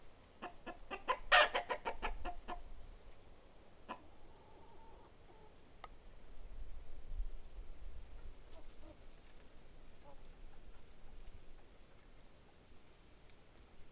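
Chicken clucks in a short rapid burst at the start, then scattered faint clucks over a low rumbling background.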